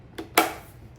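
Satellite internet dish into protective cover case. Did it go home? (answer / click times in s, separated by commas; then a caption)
yes / 0.4 s. A Starlink Mini satellite dish lying on a table is pushed into its rugged plastic protective case. A faint tap at 0.2 s is followed by a sharp, bright snap at 0.4 s as the dish seats in the case.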